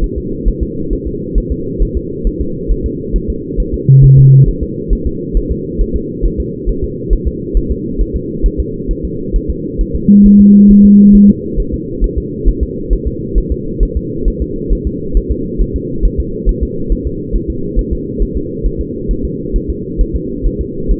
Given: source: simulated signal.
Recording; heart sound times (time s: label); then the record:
fetal heart sounds
0.04 s: S1
0.18 s: S2
0.48 s: S1
0.63 s: S2
0.93 s: S1
1.07 s: S2
1.38 s: S1
1.52 s: S2
1.82 s: S1
1.97 s: S2
2.27 s: S1
2.41 s: S2
2.71 s: S1
2.86 s: S2
3.16 s: S1
3.30 s: S2
3.60 s: S1
3.74 s: S2
4.04 s: S1
4.18 s: S2
4.49 s: S1
4.63 s: S2
4.93 s: S1
5.07 s: S2
5.37 s: S1
5.51 s: S2
5.81 s: S1
5.96 s: S2
6.25 s: S1
6.40 s: S2
6.69 s: S1
6.84 s: S2
7.13 s: S1
7.28 s: S2
7.57 s: S1
7.71 s: S2
8.01 s: S1
8.16 s: S2
8.46 s: S1
8.60 s: S2
8.91 s: S1
9.05 s: S2
9.36 s: S1
9.50 s: S2
9.81 s: S1
9.96 s: S2
10.26 s: S1
10.40 s: S2
10.71 s: S1
10.85 s: S2
11.15 s: S1
11.30 s: S2
11.60 s: S1
11.74 s: S2
12.04 s: S1
12.18 s: S2
12.48 s: S1
12.63 s: S2
12.93 s: S1
13.07 s: S2
13.38 s: S1
13.52 s: S2
13.83 s: S1
13.97 s: S2
14.28 s: S1
14.42 s: S2
14.72 s: S1
14.87 s: S2
15.17 s: S1
15.31 s: S2
15.61 s: S1
15.76 s: S2
16.05 s: S1
16.20 s: S2
16.49 s: S1
16.63 s: S2
16.92 s: S1
17.07 s: S2
17.36 s: S1
17.50 s: S2
17.79 s: S1
17.93 s: S2
18.22 s: S1
18.37 s: S2
18.66 s: S1
18.81 s: S2
19.11 s: S1
19.25 s: S2
19.56 s: S1
19.70 s: S2
20.01 s: S1
20.16 s: S2
20.46 s: S1
20.61 s: S2
20.91 s: S1
From the record:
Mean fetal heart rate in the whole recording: 135 bpm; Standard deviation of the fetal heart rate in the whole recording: 3 bpm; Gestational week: 36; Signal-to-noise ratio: -6.6 dB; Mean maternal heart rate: 72 bpm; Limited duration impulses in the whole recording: present